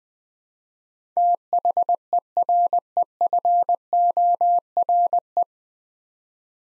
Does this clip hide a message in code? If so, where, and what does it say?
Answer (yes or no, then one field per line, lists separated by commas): yes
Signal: Morse code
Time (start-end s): 1.2-5.4 s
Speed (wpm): 20 wpm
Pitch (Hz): 700 Hz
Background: none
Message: THEREFORE